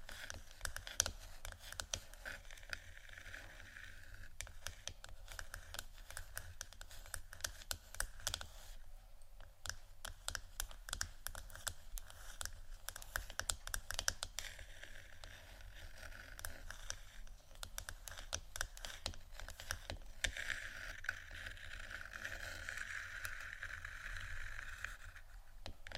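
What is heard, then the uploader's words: Wooden triggers make a dense stream of quick, dry taps and clicks, like rapid typing, running through the whole clip at a fairly even level. A soft bright hiss rises and fades several times, strongest near the start and after twenty seconds, over a faint low rumble. ASMR Wooden Triggers（No Talking）.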